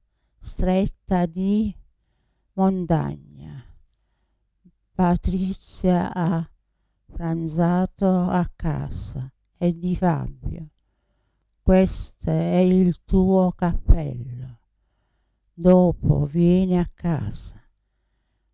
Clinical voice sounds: read phrases; Italian; female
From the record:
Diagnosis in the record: Parkinson's disease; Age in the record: 80 years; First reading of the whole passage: 169 s, 3.1 characters per second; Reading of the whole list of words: 101 s, 2.8 characters per second

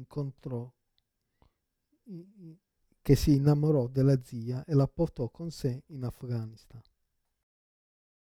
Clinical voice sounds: read passage; Italian; male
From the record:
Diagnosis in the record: Parkinson's disease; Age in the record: 56 years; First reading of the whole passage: 87 s, 6.0 characters per second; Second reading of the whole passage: 67 s, 7.8 characters per second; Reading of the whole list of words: 59 s, 4.8 characters per second

